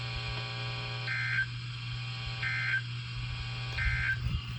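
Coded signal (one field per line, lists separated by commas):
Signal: Emergency Alert System (SAME) tones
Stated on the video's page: Severe thunderstorm and tornado warnings, including double headers, from the NOAA Weather Radio transmitter at Pecos, Texas, during a severe weather outbreak.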